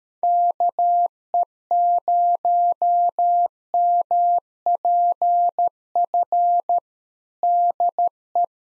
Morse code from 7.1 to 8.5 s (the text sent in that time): DE